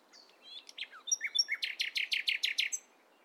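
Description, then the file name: Common nightingale song phrase: a few high whistles and slurred notes, then a steady run of about eight loud, rasping repeated notes. "Luscinia megarhynchos"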